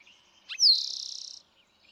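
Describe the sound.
Eastern towhee singing one phrase, two brief introductory notes followed by a rapid, even trill that ends abruptly.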